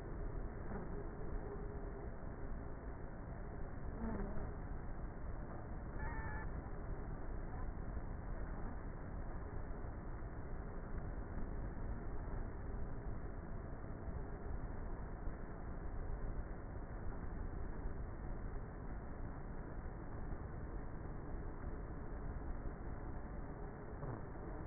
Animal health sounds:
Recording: honeybee colony, microphone inside the hive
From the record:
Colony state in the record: queenless with a low population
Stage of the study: before two queens were removed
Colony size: about 30,000 bees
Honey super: no

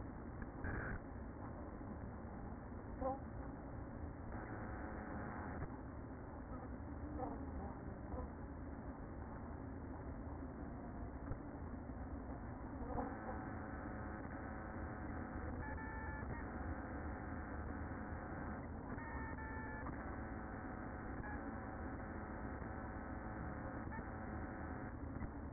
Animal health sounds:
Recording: honeybee colony, microphone inside the hive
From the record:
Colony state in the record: queen present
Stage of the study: after two queens were removed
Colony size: about 60,000 bees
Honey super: yes

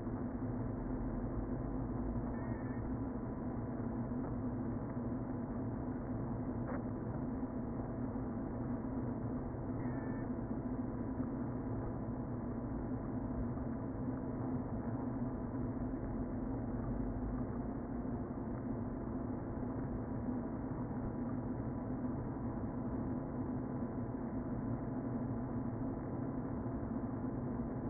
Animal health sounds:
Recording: honeybee colony, microphone inside the hive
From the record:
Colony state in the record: queen present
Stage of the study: before two queens were removed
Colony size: about 60,000 bees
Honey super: yes

